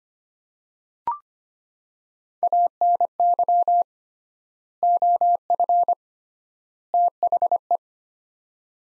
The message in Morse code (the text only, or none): ANY OF THE